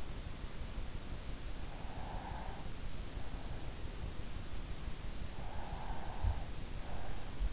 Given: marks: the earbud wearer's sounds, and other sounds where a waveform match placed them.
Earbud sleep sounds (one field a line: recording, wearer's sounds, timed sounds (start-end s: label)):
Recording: sounds in sleep by an in-ear microphone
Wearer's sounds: breath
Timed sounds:
1.77-3.26 s: breath
5.54-7.53 s: breath